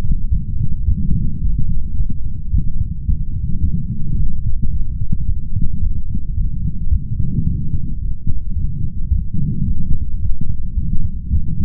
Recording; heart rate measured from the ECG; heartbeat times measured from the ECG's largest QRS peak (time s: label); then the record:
heart sounds by stethoscope; 109 bpm
0.30 s: heartbeat
0.86 s: heartbeat
1.41 s: heartbeat
1.96 s: heartbeat
2.51 s: heartbeat
3.06 s: heartbeat
3.62 s: heartbeat
4.17 s: heartbeat
4.71 s: heartbeat
5.26 s: heartbeat
5.80 s: heartbeat
6.35 s: heartbeat
6.90 s: heartbeat
7.45 s: heartbeat
7.99 s: heartbeat
8.54 s: heartbeat
9.09 s: heartbeat
9.65 s: heartbeat
10.20 s: heartbeat
10.75 s: heartbeat
11.31 s: heartbeat
From the record:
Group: healthy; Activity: light exercise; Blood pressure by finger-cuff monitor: 177/136 mmHg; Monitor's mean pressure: 151 mmHg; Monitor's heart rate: 109 bpm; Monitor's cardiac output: 4.3 L/min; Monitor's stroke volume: 39 mL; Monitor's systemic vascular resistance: 2630 dyn s/cm5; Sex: male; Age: 55 years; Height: 167 cm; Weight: 57.2 kg